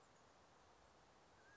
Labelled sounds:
Mountain Quail (Oreortyx pictus)
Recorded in Sonoma County, California

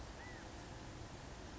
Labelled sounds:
California Quail (Callipepla californica)
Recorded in Sonoma County, California

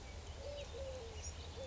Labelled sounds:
Eurasian Collared Dove (Streptopelia decaocto)
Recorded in Sonoma County, California

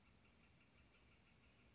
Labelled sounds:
Northern Flicker (Colaptes auratus)
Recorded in Sonoma County, California

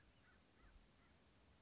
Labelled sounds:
American Crow (Corvus brachyrhynchos)
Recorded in Sonoma County, California

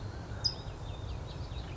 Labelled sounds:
California Towhee (Melozone crissalis)
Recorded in Sonoma County, California

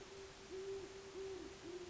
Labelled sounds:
Great Horned Owl (Bubo virginianus)
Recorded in Sonoma County, California

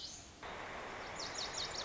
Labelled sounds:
Lazuli Bunting (Passerina amoena)
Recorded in Sonoma County, California

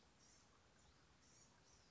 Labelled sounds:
Blue-gray Gnatcatcher (Polioptila caerulea)
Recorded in Sonoma County, California

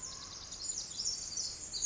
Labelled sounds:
Pacific Wren (Troglodytes pacificus)
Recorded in Sonoma County, California

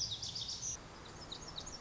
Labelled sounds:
Lazuli Bunting (Passerina amoena)
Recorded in Sonoma County, California

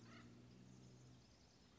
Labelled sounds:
Acorn Woodpecker (Melanerpes formicivorus)
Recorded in Sonoma County, California

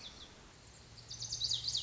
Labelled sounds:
Lazuli Bunting (Passerina amoena)
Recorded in Sonoma County, California

